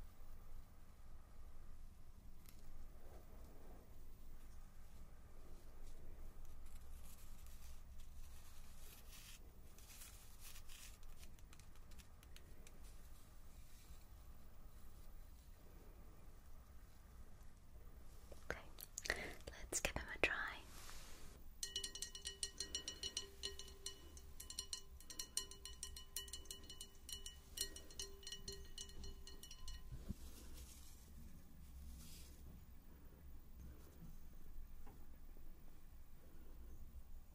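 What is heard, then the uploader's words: Bath bombs fizz and soap is handled and cut, a steady low rumble running underneath the whole time. Around 19–21 seconds a louder burst of crackling and hissing rises, then from about 22 to 30 seconds a thin, steady whine with a tonal edge sits over the hiss. ASMR The Lush Store Roleplay - Fizzing Bath Bombs and Dicing Soap.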